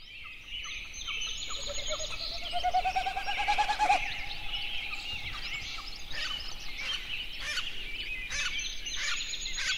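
Snipe giving a throbbing, pulsed hum that rises in pitch over about two and a half seconds and then stops, set against a busy chorus of chirping and whistling songbirds.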